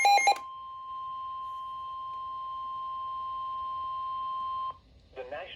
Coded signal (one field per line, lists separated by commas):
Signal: Emergency Alert System (SAME) tones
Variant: 1050 Hz attention tone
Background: speech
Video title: NOAA Weather Radio - Severe Thunderstorm Warning [EAS #263] (7/28/22)